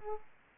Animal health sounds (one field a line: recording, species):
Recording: mosquito wingbeat signal from an infrared sensor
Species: Culex pipiens